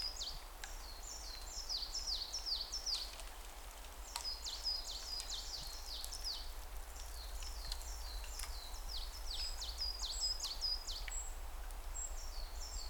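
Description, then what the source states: Bird calls: bursts of thin, descending chirps repeated quickly, separated by brief pauses, with a low steady rumble underneath. Recorded in a forest with falling snow.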